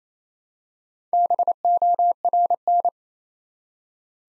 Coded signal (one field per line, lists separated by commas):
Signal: Morse code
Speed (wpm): 28 wpm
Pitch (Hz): 700 Hz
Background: none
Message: BORN